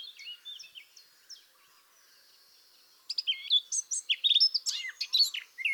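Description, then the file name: Eurasian blackcap song: quiet, scratchy twittering at first, a short pause, then a loud, rich run of varied fluty whistles and chattering notes to the end. "Sylvia atricapilla"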